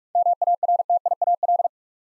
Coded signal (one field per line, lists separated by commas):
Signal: Morse code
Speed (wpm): 46 wpm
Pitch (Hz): 700 Hz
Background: none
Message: MARTIAL